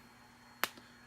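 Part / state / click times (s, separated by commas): ratcheted arm joint of a plastic action figure / seated / 0.6 s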